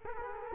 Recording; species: mosquito wingbeat signal from an infrared sensor; Culex quinquefasciatus